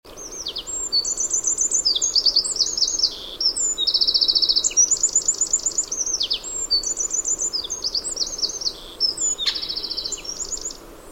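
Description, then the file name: Eurasian wren song: loud, very high, rapid trills and rattling phrases in quick succession, with scattered sharp notes, running almost continuously over a faint background hiss. "Troglodytes troglodytes"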